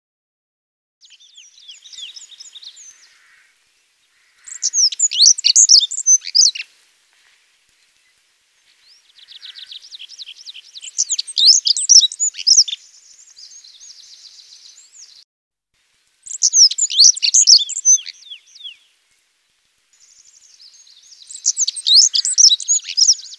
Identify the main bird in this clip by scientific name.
Prunella atrogularis